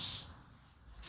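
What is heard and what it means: A plastic clip on the grille/engine trim piece of a 2007–2013 Chevy Silverado is being pushed firmly back into the truck body during an indicator bulb replacement. A soft, hissy scrape of handling noise opens the clip, fades to a quiet rustle, and returns briefly near 1.0 s. Nothing has seated or clicked yet.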